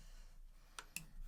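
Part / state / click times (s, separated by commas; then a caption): cut box piece tab into slot of the box assembly / partly seated / 0.8 s, 1.0 s. A cut tab on a piece of a craft potpourri box is pressed into its slot in the box assembly, making two short, bright taps at 0.8 s and 1.0 s over a quiet background. These are light pressing taps rather than a firm home click, and the box joint tab is left not fully seated.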